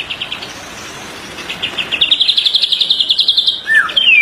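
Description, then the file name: White-rumped shama giving a fast buzzy trill of evenly pulsed high notes that grows louder, ending with a liquid whistle and a descending slur. Master song used for training songbirds. "suara master murai batu"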